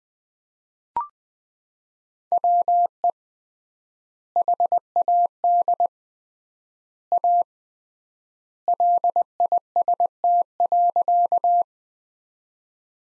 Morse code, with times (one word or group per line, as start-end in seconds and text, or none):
2.3-3.1 WE
4.4-5.9 HAD
7.1-7.4 A
8.7-11.6 LIST.